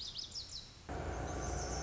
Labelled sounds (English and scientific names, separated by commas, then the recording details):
Lazuli Bunting (Passerina amoena)
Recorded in Sonoma County, California